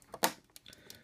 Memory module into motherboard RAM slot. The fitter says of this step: push down on one end until it clicks, push down on the other end